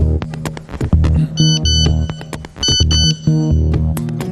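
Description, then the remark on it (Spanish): A mobile phone's bright electronic SMS message alert tone plays alone: a short, melodic run of chiming synthetic notes, repeated in quick bursts at a steady, fairly loud level for a few seconds. “Con este sonido, precisamente, Fernando, te llegan algunos SMS, y sobre los SMS de los teléfonos móviles va la filtración.”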